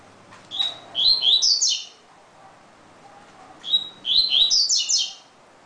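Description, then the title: Double-collared seedeater singing two matching phrases, each starting with a steady whistle and breaking into rapid sweeping, upward-slurred notes. "Canto Coleiro"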